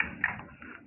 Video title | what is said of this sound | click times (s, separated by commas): Gaming PC to run GTA-V, Tekken 7, Blur etc. for commercial arcade gaming or token games. | ये lock हो चुका है, automatically lock हो जाता है। | 0.2 s